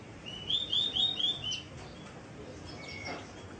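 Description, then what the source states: Bird song: five quick, bright whistled notes in a rapid run, followed by near-silence and one faint note, over a low background hiss. Labelled as masteran (Indonesian bird song training).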